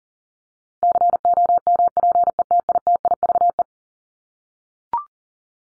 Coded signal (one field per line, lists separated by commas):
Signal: Morse code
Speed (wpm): 40 wpm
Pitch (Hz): 700 Hz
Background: none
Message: COMPETITIVE